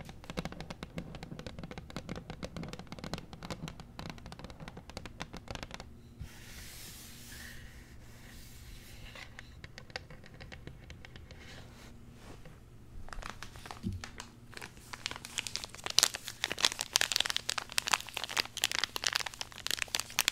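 Unboxing a zen garden: dense crinkling and rustling of packaging fills most of the clip, with quick crackly bursts. Around six to nine seconds it eases into a softer, hissing scrape, then the crackling returns, growing brighter and busier toward the end over a faint low hum.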